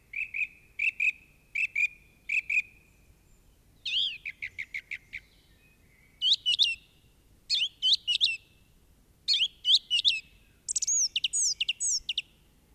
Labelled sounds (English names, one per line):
Song Thrush song